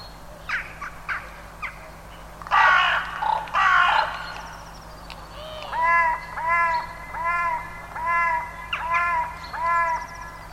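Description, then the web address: Bird calling: some sharp clicks and two harsh rasping caws, then a steady run of nasal, arched, mewing notes. "cianscape birddata 2025 Bird Only"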